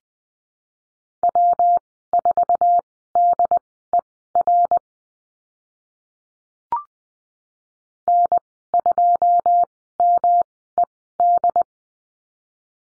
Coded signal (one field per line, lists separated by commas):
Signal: Morse code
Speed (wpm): 20 wpm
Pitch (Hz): 700 Hz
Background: none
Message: W4DER N2MED